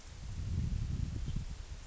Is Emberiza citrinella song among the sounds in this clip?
no